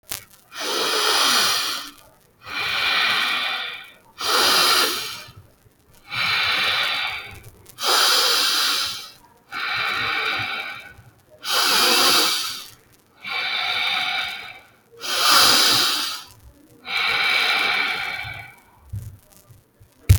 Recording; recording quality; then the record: deep breathing; excellent, no background noise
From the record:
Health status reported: healthy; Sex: female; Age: 30 years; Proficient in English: yes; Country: India